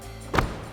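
A pickup tailgate on a 2009-2018 RAM 1500 fitted with a Barricade soft roll-up tonneau cover is lifted and closed. Its latch catches the bed striker with one sharp hit at 0.4 s. The latch is seated and the tailgate is shut.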